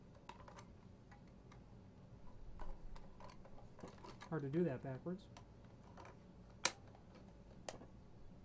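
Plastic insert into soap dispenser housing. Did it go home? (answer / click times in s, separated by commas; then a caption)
yes / 6.7 s. A plastic insert is pushed back into the housing of an ASI 0361 automatic soap dispenser after being awkward to fit the wrong way round. Someone talks over soft handling taps, and the insert snaps into place with a sharp click at 6.6 s, followed by a fainter tap at 7.7 s.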